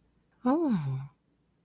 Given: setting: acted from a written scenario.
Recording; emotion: vocal sound without words; romantic love